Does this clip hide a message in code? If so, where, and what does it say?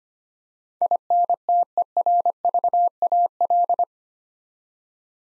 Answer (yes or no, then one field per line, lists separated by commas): yes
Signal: Morse code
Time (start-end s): 0.8-3.8 s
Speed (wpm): 25 wpm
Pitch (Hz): 700 Hz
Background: none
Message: INTERVAL